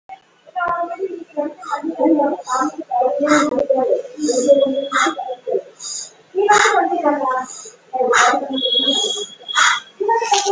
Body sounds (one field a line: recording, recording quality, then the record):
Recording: shallow breathing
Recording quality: moderate, slight background noise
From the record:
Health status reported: COVID-19 positive, moderate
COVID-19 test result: positive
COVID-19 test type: RT-PCR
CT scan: taken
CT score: 20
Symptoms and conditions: cough, breathing difficulty, fever, fatigue, pneumonia, diabetes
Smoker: no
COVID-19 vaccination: none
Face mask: worn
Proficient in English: yes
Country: India